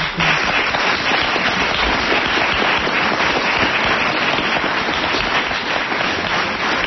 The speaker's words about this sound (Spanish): Gracias a vosotros. Y ahora os damos nosotros nuestro aplauso por traernos.